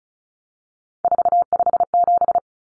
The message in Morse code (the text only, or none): 457